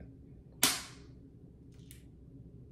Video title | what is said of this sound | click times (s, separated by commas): After a few delays and a few glitches, I am back on Zepbound. | did y'all hear it it went in | 0.6 s